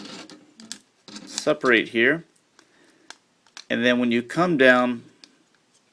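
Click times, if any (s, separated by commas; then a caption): none. Someone talks while handling a plastic transforming robot toy, separating and lifting the arms of its upper body section before bringing it down so the head can pop into the torso through a small mechanism. Faint, brief plastic ticks sit between the speech. The clip ends before the part goes home, so the head has not yet popped into place or seated.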